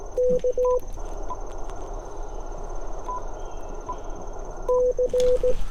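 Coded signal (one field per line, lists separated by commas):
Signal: Morse code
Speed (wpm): 17 wpm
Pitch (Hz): 500 Hz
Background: none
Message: K C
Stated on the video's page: 15 wpm CW POTA park activation sent on a J-38 straight key with an Icom IC-705 into an end-fed half-wave antenna, on 40 metres.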